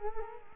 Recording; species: mosquito wingbeat signal from an infrared sensor; Culex quinquefasciatus